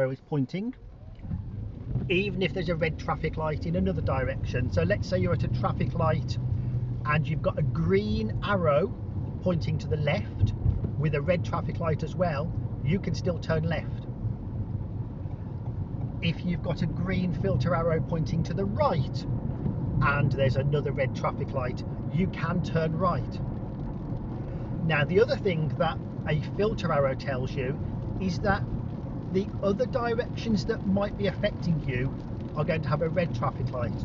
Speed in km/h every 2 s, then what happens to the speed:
21, 32, 37, 40, 42, 42, 42, 44, 48, 53, 55, 53, 52, 52, 52, 52, 52.
0-8 speeds up to 42. 8-13 steady at about 42. 13-18 speeds up to 53. 18-34 steady at about 52.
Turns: none.